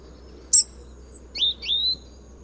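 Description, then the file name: European robin calls: a sharp, very high tick, then two thin, slightly falling whistled notes in quick succession over a low steady hum. "Erithacus rubecula"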